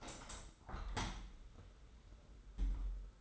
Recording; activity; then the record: daily activity, microphone in the room; open window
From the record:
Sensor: 3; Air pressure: 991.3 hPa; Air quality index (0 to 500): 130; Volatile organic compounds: 174 ppm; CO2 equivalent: 4122 ppm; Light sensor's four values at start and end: 49/134/54/48 and 49/134/55/48